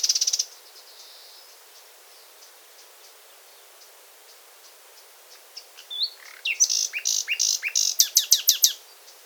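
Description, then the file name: Common nightingale song: a sharp burst of notes, a quieter stretch with faint notes, then a fast run of loud, repeated notes. "Luscinia megarhynchos"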